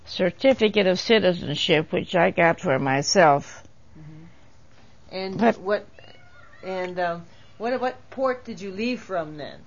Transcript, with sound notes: certificate of citizenship which I got for myself.
Mmhmm. And what (children can be heard shouting outside) what um, what port did you leave from then?